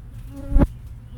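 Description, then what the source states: Housefly buzzing, a low droning hum that swells into a brief loud burst in the middle, then drops back to a faint buzz. Landing on or buzzing close to the microphone.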